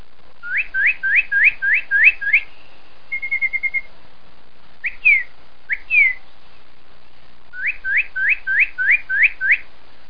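Bird calls: a quick run of rising whistled notes, a short flat trill, two separate slurred whistles, then another rapid run of rising notes.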